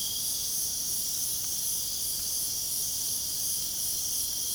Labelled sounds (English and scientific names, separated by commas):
none